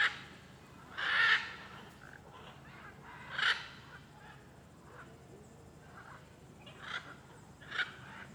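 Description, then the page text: Blue-and-yellow macaws give harsh, rasping squawks, several strong calls separated by quieter gaps, with softer squawking in between. Many macaws calling on a street in Alto Paraíso de Goiás, Cerrado, Brazil. "Rua em Alto Paraiso com muitas araras cantando e carros passando. Arquivo de Arara-canindé - Coleção Sonora do Cerrado"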